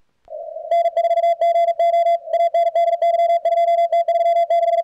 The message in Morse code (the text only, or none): N4GO ANDY 2T36